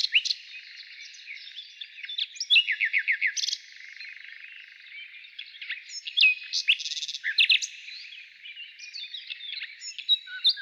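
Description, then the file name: Nightingale song of rapid note series, sharp notes and buzzy bursts. Morning. "Utro i solovey"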